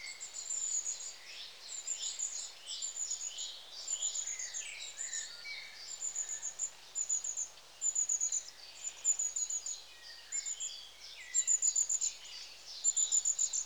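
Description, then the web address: Long-tailed tit calls: repeated bursts of high, thin see-see-see notes, mixed with lower calls. "BBC Sound Effects Library. Long Tailed TIT"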